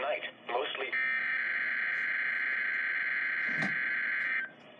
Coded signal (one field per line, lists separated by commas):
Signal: Emergency Alert System (SAME) tones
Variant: header bursts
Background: speech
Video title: EAS #1 Required weekly test 8/14/19